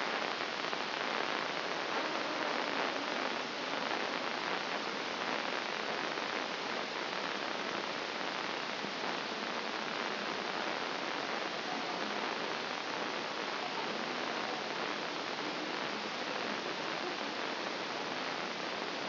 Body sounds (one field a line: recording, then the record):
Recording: brain microelectrode recording played as sound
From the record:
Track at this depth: inside the subthalamic nucleus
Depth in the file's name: 1.437 mm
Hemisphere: left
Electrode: 2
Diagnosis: Parkinson's disease